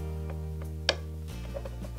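The plain whisk of a Philips HR 1453 hand mixer, the type with no washer, is lined up by its lug and pressed into the mixer's drive socket. It snaps in with one sharp click at 0.9 s over a steady low hum, with a few faint taps around it. The whisk is seated in position.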